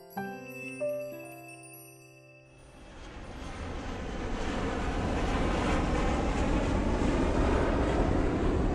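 A few soft, tinkling musical tones give way to a steady airplane cabin drone on a plane flying to Beijing, a broad, rushing engine roar that swells in over several seconds and holds constant, with no voices.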